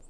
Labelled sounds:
Townsend's Warbler (Setophaga townsendi) flight call

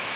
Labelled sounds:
Ovenbird (Seiurus aurocapilla) flight call

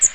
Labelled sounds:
Magnolia Warbler (Setophaga magnolia) flight call

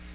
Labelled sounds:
Nashville Warbler (Leiothlypis ruficapilla) flight call

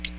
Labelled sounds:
Ovenbird (Seiurus aurocapilla) flight call

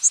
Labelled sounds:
Northern Waterthrush (Parkesia noveboracensis) flight call

